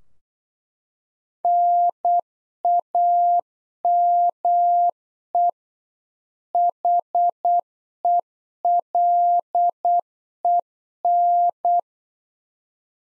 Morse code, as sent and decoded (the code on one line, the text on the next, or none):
-. .- -- . / .... . .-.. . -.
NAME HELEN